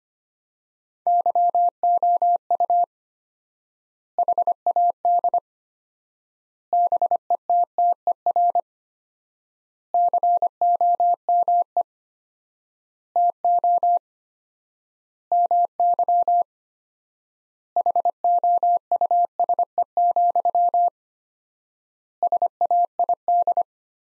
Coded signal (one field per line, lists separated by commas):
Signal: Morse code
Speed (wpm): 25 wpm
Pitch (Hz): 700 Hz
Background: none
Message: YOU HAD BETTER COME TO MY HOUSE, SAID